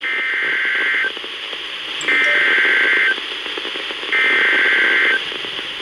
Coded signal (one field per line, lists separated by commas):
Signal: Emergency Alert System (SAME) tones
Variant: header bursts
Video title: Severe Thunderstorm Warning - 05/19/22 (EAS #2,489)